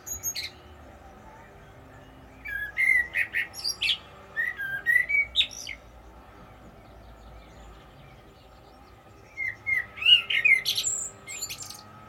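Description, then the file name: Common blackbird delivering two phrases of mellow, slurred whistles ending in high thin twitters, separated by several seconds of near silence. "Turdus merula"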